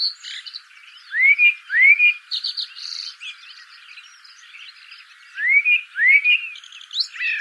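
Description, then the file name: Common blackbird song: two phrases, each opening with two rising whistled notes and ending in a squeaky high twitter, separated by a pause. "Turdus merula"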